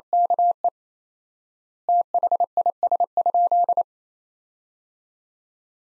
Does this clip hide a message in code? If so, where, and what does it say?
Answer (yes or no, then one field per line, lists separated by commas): yes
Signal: Morse code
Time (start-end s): 0.1-3.8 s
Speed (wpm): 28 wpm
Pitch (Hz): 700 Hz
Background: none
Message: KE THIS?